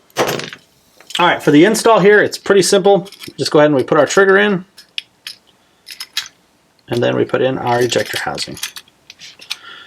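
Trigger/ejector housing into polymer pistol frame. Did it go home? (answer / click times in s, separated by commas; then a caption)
yes / 9.5 s. A trigger and ejector/trigger housing are installed into a polymer pistol frame while someone talks, with light metallic clicks and taps between the speech. The housing snaps in with a sharp click at 9.5 s, seated like a stock Glock trigger.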